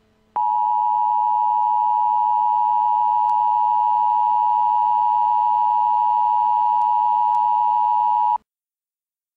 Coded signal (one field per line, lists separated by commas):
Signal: Emergency Alert System (SAME) tones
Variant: 853 and 960 Hz attention tone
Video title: Blizzard Warning: Cleveland, OH (12/25/12)